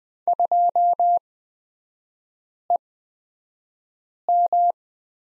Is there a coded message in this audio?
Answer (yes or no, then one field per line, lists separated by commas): yes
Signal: Morse code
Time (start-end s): 0.3-4.7 s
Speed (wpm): 20 wpm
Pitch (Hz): 700 Hz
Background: none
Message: 2EM